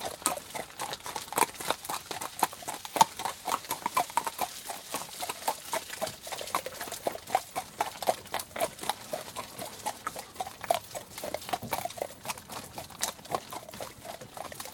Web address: Sound Effects-BBC Horses Carts. wet track pulling cart some noise from cart and harness cart has pneumatic tyres